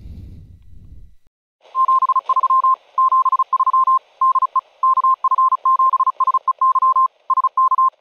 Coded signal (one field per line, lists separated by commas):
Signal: Morse code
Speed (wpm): 36 wpm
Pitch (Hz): 1050 Hz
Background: none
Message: 73 73 DE KF7SEY SK